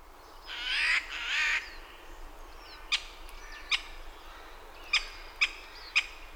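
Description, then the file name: Eurasian jay: harsh doubled screech of a Eurasian jay near the start, followed by a series of short, sharp high ticks at irregular intervals. "Garrulus glandarius"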